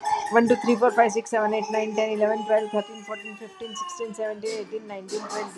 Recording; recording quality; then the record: counting at a fast pace; excellent, no background noise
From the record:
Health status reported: healthy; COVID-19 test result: not tested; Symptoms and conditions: none ticked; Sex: female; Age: 54 years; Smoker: not ticked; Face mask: worn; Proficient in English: yes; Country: India